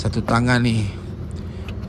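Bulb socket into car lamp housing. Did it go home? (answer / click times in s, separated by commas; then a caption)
yes / 1.7 s. The socket holding a new T20 LED signal bulb is turned clockwise, one-handed in a tight space, into the plastic lamp housing of a Perodua Axia car while someone talks. A short click at 1.7 s marks the socket twist-locking and seating in the housing.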